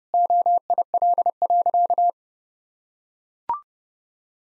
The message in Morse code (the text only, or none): OIL.